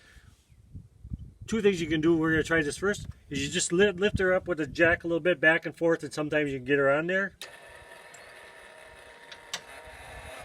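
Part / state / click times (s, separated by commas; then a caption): camper hitch coupler latch on vehicle hitch ball / partly seated / 9.5 s. Someone talks while the camper's hitch coupler latch sits on the vehicle's hitch ball, and then the trailer tongue is raised with the jack and rocked back and forth to get the latch to close. A clunk comes at 9.5 s, but the latch only half engages and is semi-locked, not locked properly.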